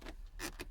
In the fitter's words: onto there till it clicks